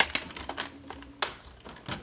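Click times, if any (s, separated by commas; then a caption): 0.0 s, 1.2 s. The plastic front display bezel on the lid of an Acer Aspire 5738 laptop is pried up at the bottom so its clips unsnap. Sharp plastic snaps sound at 0.0 s and 1.2 s, with quieter ticks and rustling between them, and the bezel comes out.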